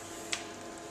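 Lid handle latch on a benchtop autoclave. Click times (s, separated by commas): 0.3 s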